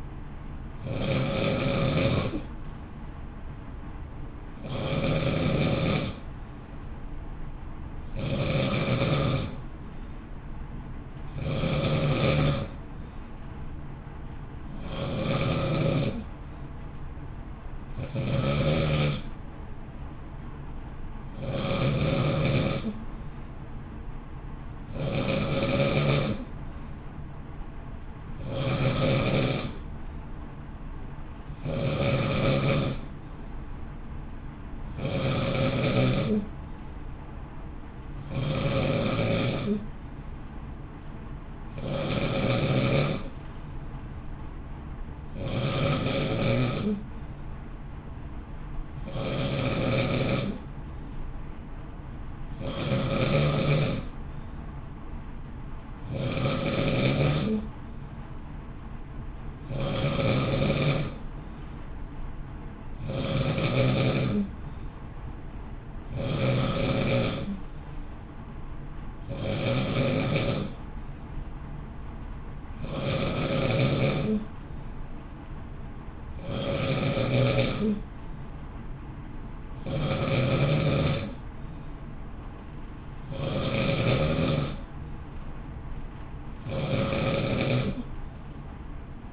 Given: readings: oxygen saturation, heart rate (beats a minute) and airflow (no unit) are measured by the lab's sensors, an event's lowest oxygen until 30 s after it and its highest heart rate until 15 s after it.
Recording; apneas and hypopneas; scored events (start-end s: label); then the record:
breathing in sleep by a smartphone at the bedside; none
3.00-63.00 s: new sleep stage, N1 (lightest sleep)
63.00-89.33 s: new sleep stage, N2 (light sleep)
From the record:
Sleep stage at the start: N2 (light sleep); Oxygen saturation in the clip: 91 to 92%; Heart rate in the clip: 55 to 58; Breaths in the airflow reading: 35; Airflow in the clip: -0.7 to 0.7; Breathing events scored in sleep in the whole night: 328 in 6.3 hours asleep